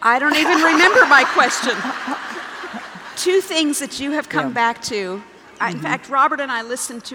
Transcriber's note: laughter